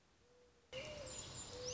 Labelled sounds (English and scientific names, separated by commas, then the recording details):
Mourning Dove (Zenaida macroura)
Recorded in Sonoma County, California